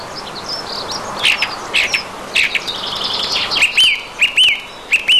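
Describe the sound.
Song thrush song with scratchy varied notes, then a clear fluty upslurred whistle repeated several times.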